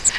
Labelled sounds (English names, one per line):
Grace's Warbler flight call